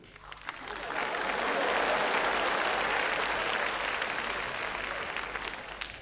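crowd, audience clapping

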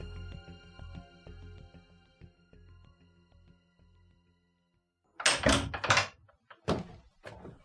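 household object, front door being opened

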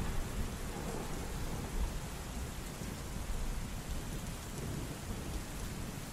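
nature, heavy rain with thunder

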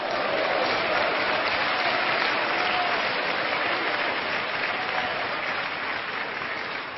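crowd, audience clapping hands

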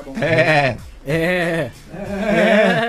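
animal, goat bleating

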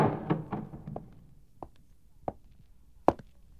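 household object, knocking on a door

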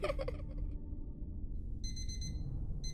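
household object, alarm clock ringing

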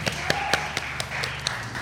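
crowd, audience applause

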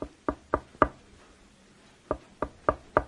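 household object, knocking on a door

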